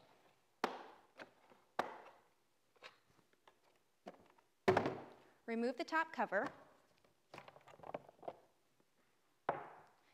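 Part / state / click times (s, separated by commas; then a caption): folding leg locking into a portable toilet frame / seated / 0.6 s, 1.8 s. The folding legs of a portable toilet are swung open until each leg locks into the frame with a click, giving two sharp, loud hits at 0.6 s and 1.8 s. Softer knocks and taps follow, along with another loud thunk at 4.7 s and one at 9.5 s, while someone talks.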